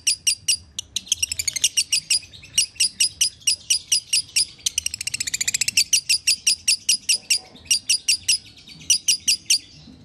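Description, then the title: Lovebird chirping rapidly in high, sharp notes, grouped in quick bursts with a brief faster trill near the middle. Konslet song style. "Masteran Lovebird Konslet"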